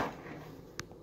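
A small plastic wheel is pushed onto the axle of a toy from a chocolate egg because it would not snap on. Over a quiet low hum, a sharp snap at 0.8 s marks the wheel seating on its axle, followed by a faint tick at 0.9 s.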